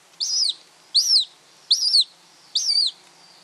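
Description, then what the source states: Hen harrier: four whistled, rising-then-falling squeals in quick succession, each brief and strongly accented, with little else audible. Recorded by Sean Renane of Irish Wildlife Sounds with an autonomous recorder left in a bush in the breeding area for about six weeks.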